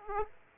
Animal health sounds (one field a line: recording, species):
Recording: mosquito wingbeat signal from an infrared sensor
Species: Aedes aegypti